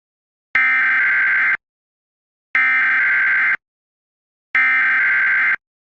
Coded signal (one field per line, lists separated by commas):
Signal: Emergency Alert System (SAME) tones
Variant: header bursts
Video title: All NWS, required tests, and Amber Alerts (EAS #134 - EAS #148)